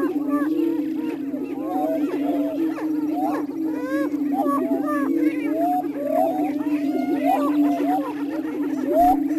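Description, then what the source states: Greater prairie chickens booming in a steady low hooting chorus, overlaid with many rising and falling cackles and whoops from several birds throughout. Recorded in Missouri.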